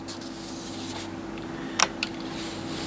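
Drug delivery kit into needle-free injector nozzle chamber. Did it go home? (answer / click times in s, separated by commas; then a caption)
yes / 1.8 s. A drug delivery kit, held by its small handle with the standoff on the outside and the tube facing upwards, is pushed into the groove of a needle-free injector's applicator nozzle chamber, and the safety pin is meant to pop out after the click. Over a steady low hum, a faint tick comes at 1.4 s, a sharp click at 1.8 s, and another short click at 2.0 s. The kit seats with the click at 1.8 s.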